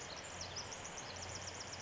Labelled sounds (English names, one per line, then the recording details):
Pacific Wren
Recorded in Sonoma County, California